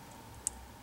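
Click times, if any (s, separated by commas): 0.5 s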